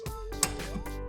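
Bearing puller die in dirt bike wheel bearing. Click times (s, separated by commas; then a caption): 0.4 s. On the second side of a dirt bike wheel, a bearing-puller die is slid into the wheel bearing at an angle and pushed until it clicks into place behind the bearing. The sharp click comes at 0.4 s over steady background music, and the die is seated.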